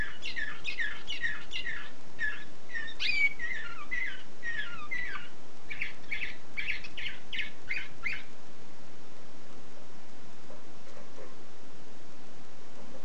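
Canary song: a fast, continuous series of repeated chirped syllables lasting about eight seconds, then falling silent except for faint hiss.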